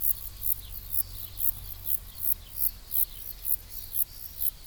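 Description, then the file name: Zeuneriana abbreviata giving steady, evenly spaced high hissing chirps roughly twice a second; low rumbling noise runs underneath. Recorded at Ordizan on 24 June 2016, air temperature 26 °C. "Zeuneriana-abbreviata Ordizan 20160624 26 °"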